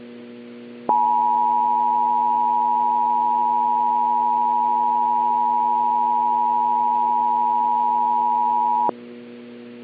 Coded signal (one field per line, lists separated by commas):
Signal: Emergency Alert System (SAME) tones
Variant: 853 and 960 Hz attention tone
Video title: The Day After Tomorrow (EAS Scenario)